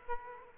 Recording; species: mosquito wingbeat signal from an infrared sensor; Aedes aegypti